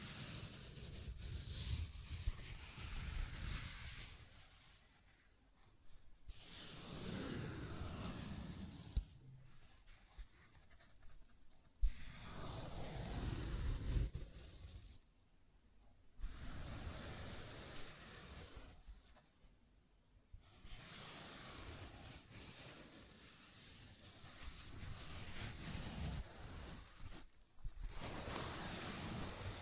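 Scratching and tracing sounds: long, rough strokes of rushing, hissy friction, each lasting several seconds and rising and fading like surf. Brief silent pauses fall around 6, 10, 15, 20 and 28 seconds, and a low rumble runs beneath the rasp.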